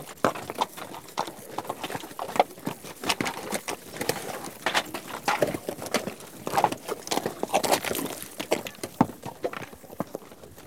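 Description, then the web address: Horse hooves clattering in quick irregular strikes. "The BBC Sound Effects Library Horses"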